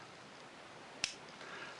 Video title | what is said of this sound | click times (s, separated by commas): Sheaffer Fashion 240 Fountain Pen | you go closes with a very satisfying click | 1.0 s